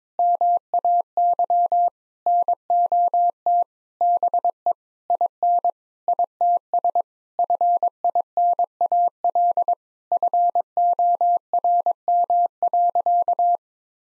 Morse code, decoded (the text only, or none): MAY NOT BE IN ITS FINAL FORM.